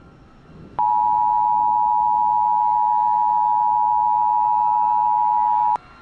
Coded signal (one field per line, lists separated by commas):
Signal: Emergency Alert System (SAME) tones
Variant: 853 and 960 Hz attention tone